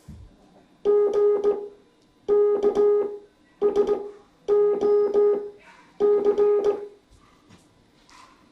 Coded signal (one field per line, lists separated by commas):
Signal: Morse code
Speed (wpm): 18 wpm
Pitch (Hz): 410 Hz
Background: none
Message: G K S O C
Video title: Morse Code Intermediate Class 7